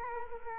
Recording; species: mosquito wingbeat signal from an infrared sensor; Culex quinquefasciatus